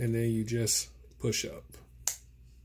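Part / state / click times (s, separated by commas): chip holder onto refillable ink cartridge / seated / 2.1 s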